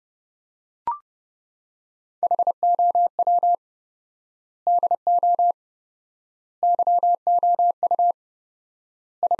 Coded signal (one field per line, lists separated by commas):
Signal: Morse code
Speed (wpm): 30 wpm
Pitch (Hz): 700 Hz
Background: none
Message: HOW DO YOU I